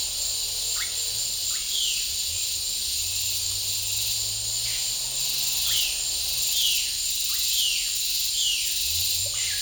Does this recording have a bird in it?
yes